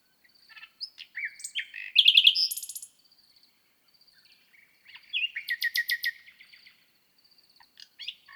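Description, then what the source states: Common nightingale singing two loud phrases of rapid, metallic repeated notes and buzzy trills, with a faint continuous high pulsing background. At night on 6 May 2018, microphones at the foot of a bush, 1000 m altitude on the Lesches-en-Diois plateau, Drôme, France; listened for two hours.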